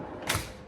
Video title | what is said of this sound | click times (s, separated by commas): Hi Top VW T6 Camper. From panel van to very practical Camper Van. | and they lock in position as well so once they're out you hear them click and now they won't | 0.3 s